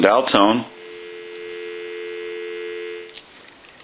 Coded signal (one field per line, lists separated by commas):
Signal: telephone call progress tone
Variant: North America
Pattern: dial tone